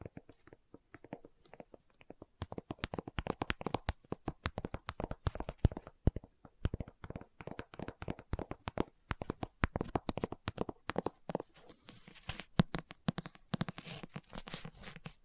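Rapid tapping on a book, dense and fairly regular, with sharp clicks running throughout at several per second. After about eleven seconds the taps loosen into a rougher, brighter scratching texture that continues to the end.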